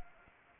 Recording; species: mosquito wingbeat signal from an infrared sensor; Anopheles arabiensis